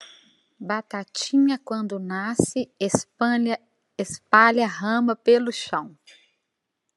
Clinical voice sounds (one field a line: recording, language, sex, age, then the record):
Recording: short text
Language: Brazilian Portuguese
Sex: female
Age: 50 to 59 years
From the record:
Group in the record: control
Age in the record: 56 years